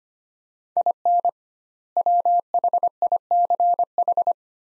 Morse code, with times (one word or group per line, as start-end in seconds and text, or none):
0.8-1.3 IN
2.0-4.3 WHICH